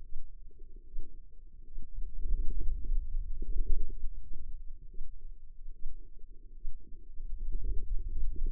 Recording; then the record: forearm muscle sounds (acoustic myography)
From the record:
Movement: hand opening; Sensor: system 2, bracelet of six BSWA MPA416 microphones around the upper forearm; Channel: 1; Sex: female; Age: 25 years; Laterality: right